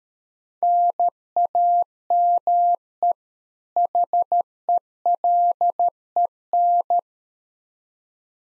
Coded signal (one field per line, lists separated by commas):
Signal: Morse code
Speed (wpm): 13 wpm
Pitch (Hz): 700 Hz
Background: none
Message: NAME HELEN